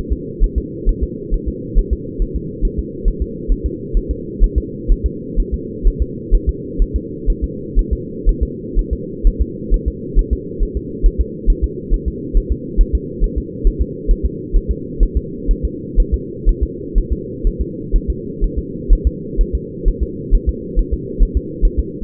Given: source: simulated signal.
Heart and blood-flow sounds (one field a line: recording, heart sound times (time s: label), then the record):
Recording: fetal heart sounds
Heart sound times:
0.12 s: S2
0.44 s: S1
0.58 s: S2
0.89 s: S1
1.03 s: S2
1.34 s: S1
1.49 s: S2
1.79 s: S1
1.93 s: S2
2.22 s: S1
2.36 s: S2
2.65 s: S1
2.79 s: S2
3.08 s: S1
3.22 s: S2
3.52 s: S1
3.66 s: S2
3.97 s: S1
4.11 s: S2
4.44 s: S1
4.58 s: S2
4.92 s: S1
5.06 s: S2
5.40 s: S1
5.54 s: S2
5.87 s: S1
6.02 s: S2
6.35 s: S1
6.49 s: S2
6.82 s: S1
6.96 s: S2
7.30 s: S1
7.44 s: S2
7.79 s: S1
7.93 s: S2
8.29 s: S1
8.43 s: S2
8.79 s: S1
8.93 s: S2
9.27 s: S1
9.42 s: S2
9.74 s: S1
9.88 s: S2
10.19 s: S1
10.33 s: S2
10.63 s: S1
10.77 s: S2
11.06 s: S1
11.21 s: S2
11.50 s: S1
11.64 s: S2
11.94 s: S1
12.08 s: S2
12.37 s: S1
12.52 s: S2
12.81 s: S1
12.95 s: S2
13.24 s: S1
13.38 s: S2
13.67 s: S1
13.81 s: S2
14.11 s: S1
14.26 s: S2
14.56 s: S1
14.71 s: S2
15.03 s: S1
15.17 s: S2
15.51 s: S1
15.65 s: S2
16.00 s: S1
16.14 s: S2
16.49 s: S1
16.63 s: S2
16.98 s: S1
17.12 s: S2
17.47 s: S1
17.61 s: S2
17.96 s: S1
18.10 s: S2
18.44 s: S1
18.59 s: S2
18.93 s: S1
19.07 s: S2
19.41 s: S1
19.55 s: S2
19.88 s: S1
20.03 s: S2
20.35 s: S1
20.49 s: S2
20.79 s: S1
20.94 s: S2
21.23 s: S1
21.37 s: S2
21.65 s: S1
21.79 s: S2
From the record:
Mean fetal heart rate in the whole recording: 130 bpm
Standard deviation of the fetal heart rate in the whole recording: 4 bpm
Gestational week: 38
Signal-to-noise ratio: -4.1 dB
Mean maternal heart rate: no maternal heart sound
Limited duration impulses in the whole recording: absent